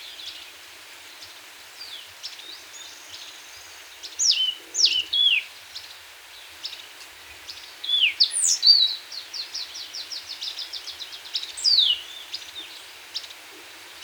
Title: Myiothlypis Nigrocristata